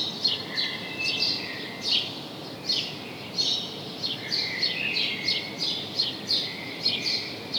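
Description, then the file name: House sparrow chirps, short bright notes repeated in a quick, uneven run with overlapping calls, over a steady background hiss. "Passer domesticus"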